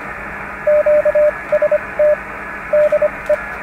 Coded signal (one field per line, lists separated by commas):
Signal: Morse code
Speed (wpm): 25 wpm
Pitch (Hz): 600 Hz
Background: radio noise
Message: QST DE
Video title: Ham Radio - Quick and easy field antenna